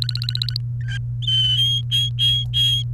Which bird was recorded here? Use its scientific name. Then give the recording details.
Serinus canaria. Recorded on 29 April 2018 at 17:49. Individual llb3